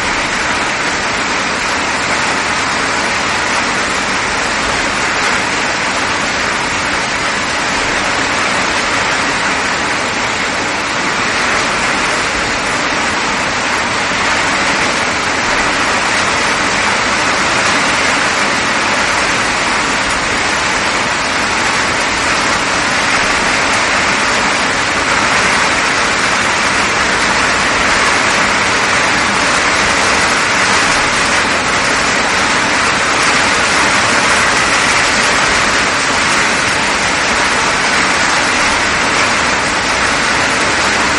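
Heavy rain pours down in a dense, unbroken hiss that stays at the same level for the whole stretch, strongest in the upper-middle range with a soft low rumble underneath. No separate thunderclaps or hail strikes stand out; the downpour sounds constant.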